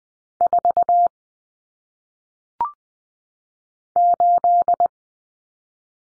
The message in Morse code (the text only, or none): 4 8